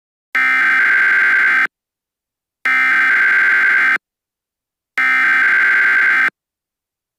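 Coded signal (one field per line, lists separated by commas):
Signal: Emergency Alert System (SAME) tones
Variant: header bursts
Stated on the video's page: Fictional EAS scenario.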